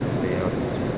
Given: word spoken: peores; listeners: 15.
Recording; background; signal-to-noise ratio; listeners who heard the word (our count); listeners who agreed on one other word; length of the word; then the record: one Spanish word in noise, from a listening test; speech-shaped noise; -5.7 dB; 3 of 15; 6 of 15; 0.58 s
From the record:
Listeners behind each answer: 6, 4, 3, 1, 1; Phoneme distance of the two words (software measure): 20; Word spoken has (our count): 3 syllables, 6 phonemes, stress on syllable 2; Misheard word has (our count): 3 syllables, 6 phonemes, stress on syllable 2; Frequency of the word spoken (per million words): 17.50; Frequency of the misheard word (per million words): 8.56